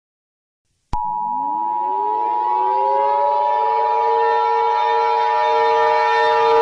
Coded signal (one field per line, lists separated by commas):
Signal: Emergency Alert System (SAME) tones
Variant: 853 and 960 Hz attention tone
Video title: The Saja Boys.EXE: An EAS Short